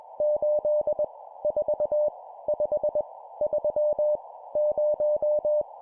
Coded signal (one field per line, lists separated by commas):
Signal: Morse code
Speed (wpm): 21 wpm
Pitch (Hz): 600 Hz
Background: none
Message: 8 4 5 3 0